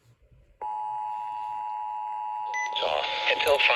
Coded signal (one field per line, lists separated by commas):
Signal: Emergency Alert System (SAME) tones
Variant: 853 and 960 Hz attention tone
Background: speech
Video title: Severe Thunderstorm Warning On Multiple Stations KBMG/AKA 106.3 KKLV,KUAO,103.9 & KEC78 EAS#565-569